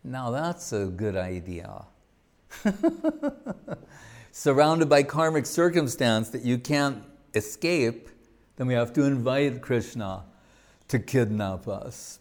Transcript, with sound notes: That’s a good idea. [laughing] Surrounded by karmic circumstance that you can’t escape, we have to invite Krishna to kidnap us.